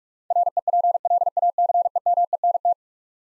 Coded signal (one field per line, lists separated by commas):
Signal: Morse code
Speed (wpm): 41 wpm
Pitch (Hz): 700 Hz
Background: none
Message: REPLACEMENT